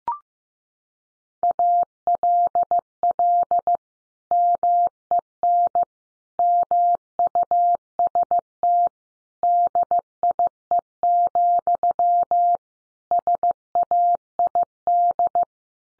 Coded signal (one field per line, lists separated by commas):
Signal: Morse code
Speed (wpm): 15 wpm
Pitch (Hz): 700 Hz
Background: none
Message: ALL MEN MUST DIE, SAID